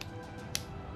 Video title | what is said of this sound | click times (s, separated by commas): Nighthawk Custom Sandhawk (kinda) Review - Duck Reviews @NighthawkCustomFirearms | I mean you can hear it click but it's not extremely positive | 0.0 s, 0.5 s